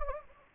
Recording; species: mosquito wingbeat signal from an infrared sensor; Anopheles gambiae